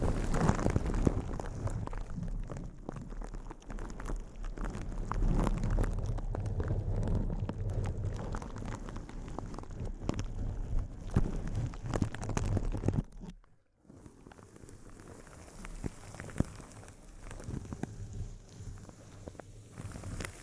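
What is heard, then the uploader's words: Dense, loud crinkling fills the first thirteen seconds: a rapid, irregular stream of sharp crackles over a fuller low rustle. Around thirteen and a half seconds it cuts to near silence, then resumes softer and sparser, with scattered crisp crackles through the end. ASMR Intense Close-Up Crinkles (No Talking).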